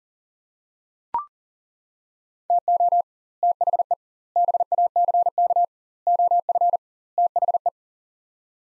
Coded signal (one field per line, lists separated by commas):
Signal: Morse code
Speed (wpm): 40 wpm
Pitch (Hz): 700 Hz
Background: none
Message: TO THE BACK OF THE